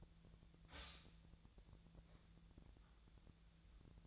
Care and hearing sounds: daily activity, microphone in the room; stop toaster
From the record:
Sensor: 3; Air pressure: 1009.4 hPa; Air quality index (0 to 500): 198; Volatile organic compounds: 17 ppm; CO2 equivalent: 2566 ppm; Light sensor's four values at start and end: 32/82/34/37 and 32/82/34/37

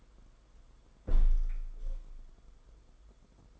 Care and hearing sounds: daily activity, microphone in the room; close window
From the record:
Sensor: 5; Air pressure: 990.5 hPa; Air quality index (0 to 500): 164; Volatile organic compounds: 293 ppm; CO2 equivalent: 4467 ppm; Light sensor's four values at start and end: 17/41/17/18 and 17/41/17/18

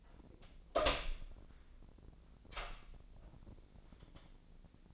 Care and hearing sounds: daily activity, microphone in the room; open door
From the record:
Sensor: 5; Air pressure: 1009.3 hPa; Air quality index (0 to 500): 164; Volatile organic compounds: 2 ppm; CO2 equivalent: 1257 ppm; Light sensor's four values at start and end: 119/279/120/129 and 118/278/119/128

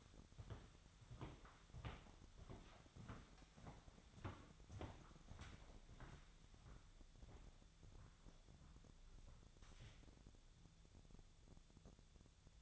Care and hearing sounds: daily activity, microphone in the room; walk to room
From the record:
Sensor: 3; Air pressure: 999.9 hPa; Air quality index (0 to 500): 119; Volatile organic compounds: 2 ppm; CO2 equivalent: 1074 ppm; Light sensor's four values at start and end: 38/91/40/44 and 37/91/40/44

